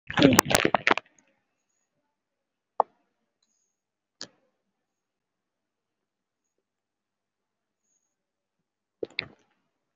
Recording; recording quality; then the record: deep breathing; moderate, slight background noise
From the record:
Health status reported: COVID-19 positive, mild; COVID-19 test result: positive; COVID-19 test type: RT-PCR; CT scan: taken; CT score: 5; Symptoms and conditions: cough, sore throat, fever, muscle pain, loss of smell and taste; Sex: female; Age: 46 years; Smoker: no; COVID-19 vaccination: none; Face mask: worn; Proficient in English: yes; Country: India